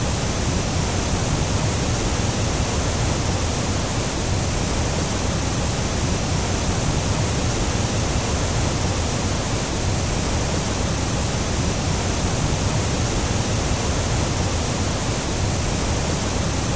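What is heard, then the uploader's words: A waterfall roars without pause, a thick, unbroken wash of rushing water filling everything from deep rumble to bright hiss. The level holds steady for the whole stretch, with no distinct splashes or other sounds standing out from the torrent. Beautiful Waterfall.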